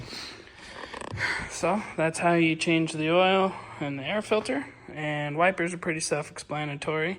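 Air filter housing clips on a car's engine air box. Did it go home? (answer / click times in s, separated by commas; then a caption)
yes / 0.5 s, 1.0 s. On a 2008 Mustang GT, after the air filter is changed, the spring clips on the plastic air filter housing are pushed back until they snap shut, with clicks at 0.5 s and 1.0 s showing the air box is closed and good. Someone then talks.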